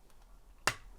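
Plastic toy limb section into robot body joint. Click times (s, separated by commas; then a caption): 0.7 s. A plastic leg panel section of a Transformers Power of the Primes Titan Class Predaking robot toy is extended all the way up and pushed into its body joint. A sharp, loud click at 0.7 s marks the panel locking into place, with a fainter tick near 0.1 s and a softer knock at 1.0 s.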